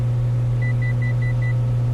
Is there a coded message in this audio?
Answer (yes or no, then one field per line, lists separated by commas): no